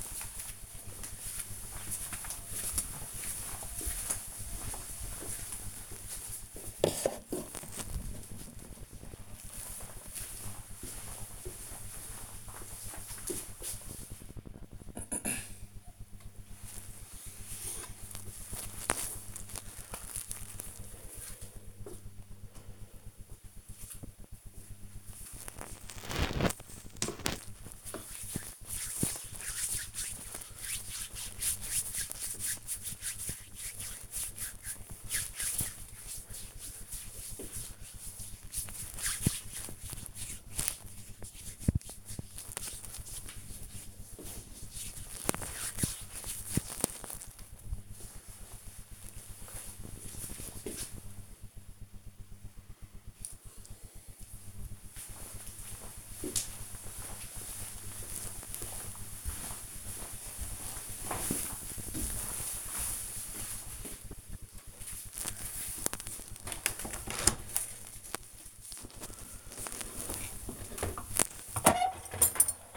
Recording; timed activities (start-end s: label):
household activities, microphone on the right wrist
15.39-46.59 s: cream hands
63.73-72.77 s: cleaning out the dishwasher